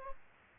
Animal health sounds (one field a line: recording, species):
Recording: mosquito wingbeat signal from an infrared sensor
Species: Aedes aegypti